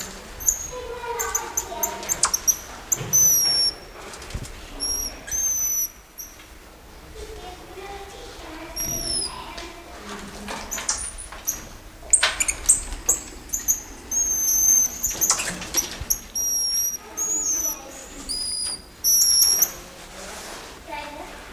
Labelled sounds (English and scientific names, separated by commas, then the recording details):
Goeldi's Marmoset (Callimico goeldii)
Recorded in captivity
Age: adult
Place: Tiergarten Schönbrunn, Wien, AT
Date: 1999-11-09 16:15
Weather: bedeckt, ca. 6°C
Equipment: Sony WM-D6C, Sennheiser ME 80, Kopie Uher 4000 Report Monitor
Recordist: Tembrock, Günter